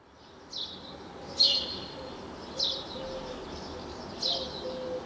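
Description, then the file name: House sparrow chirps, a few separate harsh chirps about a second or more apart, with faint low thin whistles underneath. "Passer domesticus"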